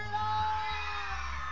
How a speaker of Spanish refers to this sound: Y el grito de las chicas de River.